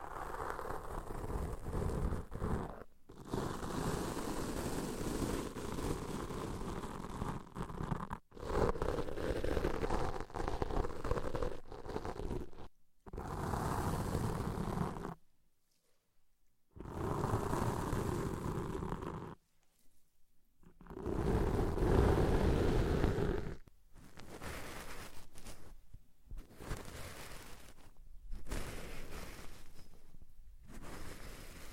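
Deep ear cleaning: dense, rough scratching and rustling fills most of the clip in long stretches, cut by abrupt silences near 3, 8, 13, 15–17 and 20 seconds. A louder, crunchier scraping burst comes around 21–23 seconds, with shorter pauses afterward.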